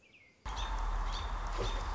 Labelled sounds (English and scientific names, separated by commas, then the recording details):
American Robin (Turdus migratorius)
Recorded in Sonoma County, California